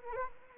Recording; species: mosquito wingbeat signal from an infrared sensor; Anopheles arabiensis